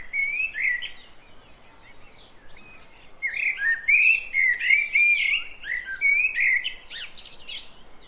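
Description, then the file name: Common blackbird pouring out a run of mellow, fluty warbles, interspersed with thin high squeaky notes and a short scratchy twitter near the end. "Turdus merula"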